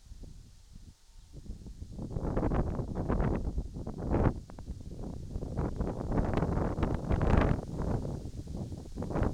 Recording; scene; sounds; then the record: everyday scene through a hearing-aid microphone; wind on the microphone; wind, whistling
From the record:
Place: in front of a rural house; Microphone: in the ear canal, right